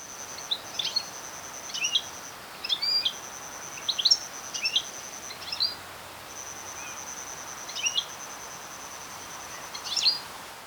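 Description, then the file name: European goldfinch calls: short, bright, tinkling chirps in small bursts at irregular intervals over a steady background hiss. "Carduelis carduelis"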